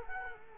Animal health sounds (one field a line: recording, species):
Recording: mosquito wingbeat signal from an infrared sensor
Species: Culex quinquefasciatus